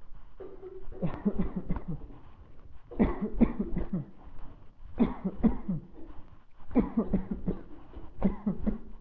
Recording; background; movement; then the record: voluntary coughing; a bystander coughing; walking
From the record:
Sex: male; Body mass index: 20.5 kg/m2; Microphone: on the chest, facing the body